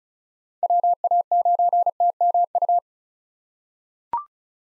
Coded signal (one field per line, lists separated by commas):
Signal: Morse code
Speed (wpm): 34 wpm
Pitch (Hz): 700 Hz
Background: none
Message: WA9TMU